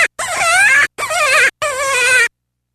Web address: Rabbit -Cottontail